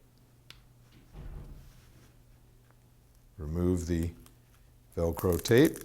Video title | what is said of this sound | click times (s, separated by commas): 4 How to install | the datalogger be sure to listen for the click | 0.5 s